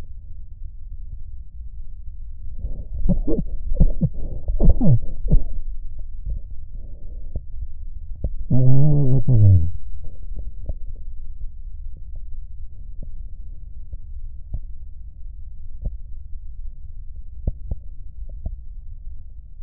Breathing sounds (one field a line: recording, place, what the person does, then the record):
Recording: lung sounds by stethoscope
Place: right posterior basal chest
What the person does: quiet breathing, then cough and speech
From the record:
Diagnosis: interstitial lung disease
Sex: male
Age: 72 years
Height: 170 cm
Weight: 62.9 kg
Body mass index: 21.8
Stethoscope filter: extended mode